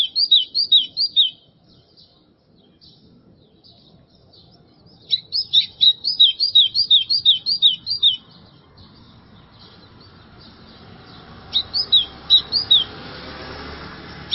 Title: Canto Do Golinha